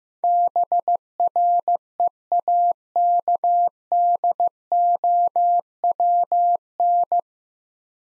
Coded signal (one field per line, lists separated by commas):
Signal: Morse code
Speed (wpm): 15 wpm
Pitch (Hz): 700 Hz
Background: none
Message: BREAKDOWN